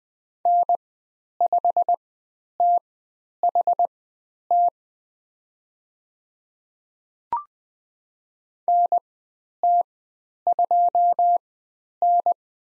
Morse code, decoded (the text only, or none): N5THT NT2N